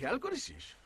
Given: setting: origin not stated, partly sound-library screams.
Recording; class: one-second piece from a danger detection set; normal situation